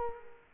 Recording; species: mosquito wingbeat signal from an infrared sensor; Culex quinquefasciatus